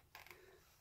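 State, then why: Seated. A metal lever buckle on a leather powerlifting belt is closed after the belt is put on and set in a comfortable spot. A ratchet-like mechanical click is heard at 0.2 s, followed by a sharper click at 0.3 s, and the buckle locks shut.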